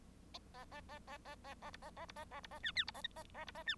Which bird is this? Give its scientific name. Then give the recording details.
Lonchura striata domestica. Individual Bird1